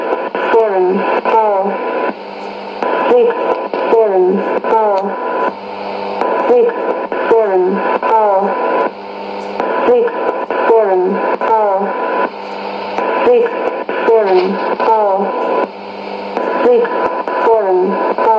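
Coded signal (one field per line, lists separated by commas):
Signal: numbers station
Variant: E17z English Lady, English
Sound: a woman's voice reading short, evenly spaced words through heavy shortwave hiss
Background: radio static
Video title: 09 02 2017 Numbers station E17z English Lady in English to Eu 0810 on 9820 in CUSB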